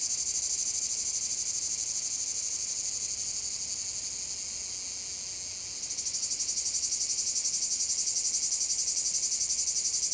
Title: Saint-Privat-de-Champclos, France - cicada field. domaine de la sabliére cicada